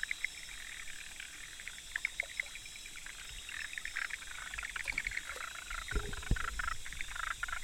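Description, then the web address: Frog chorus of fast, scratchy pulsed calls over steady hiss, with a couple of low splashes or knocks near the end. Recorded on 25 October 2014. "frog rec 20141025"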